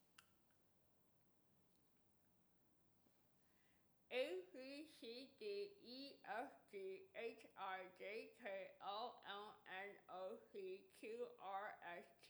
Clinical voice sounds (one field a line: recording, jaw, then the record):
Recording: letters of the alphabet, spoken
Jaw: constrained by a bite bar between the teeth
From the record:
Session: first day, right after the free take